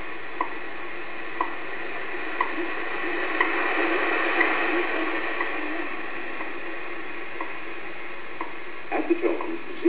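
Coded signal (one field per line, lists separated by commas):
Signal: radio time signal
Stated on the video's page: WWV from Fort Collins, Colorado, on 10 MHz, heard in the background.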